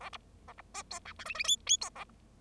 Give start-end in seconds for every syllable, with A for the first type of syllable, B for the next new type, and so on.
0.00-0.10 A, 0.12-0.17 B, 0.48-0.53 A, 0.58-0.61 B, 0.74-0.83 C, 0.90-0.99 D, 1.05-1.13 E, 1.19-1.24 F, 1.25-1.34 G, 1.34-1.44 G, 1.44-1.56 H, 1.66-1.77 H, 1.81-1.90 D, 1.95-2.04 A